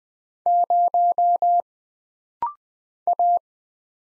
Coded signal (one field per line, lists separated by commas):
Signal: Morse code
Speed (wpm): 20 wpm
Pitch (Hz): 700 Hz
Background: none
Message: 0 A